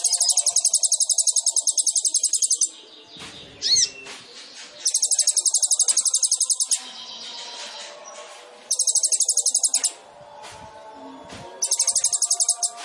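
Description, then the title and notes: Sunbird song: four long, buzzy, very high trills separated by pauses, with one sweeping note after the first. Indonesian masteran training recording for songbirds; bird in full song (gacor), with full fills (isian) and showy bursts (tembakan), described as suitable as a lure (pancingan). "MASTERAN KOLIBRI NINJA TERBAIK FULL ISIAN DAN TEMBAKAN MEWAH COCOK BUAT PANCINGAN. Suara Burung Kolibri Ninja Gacor"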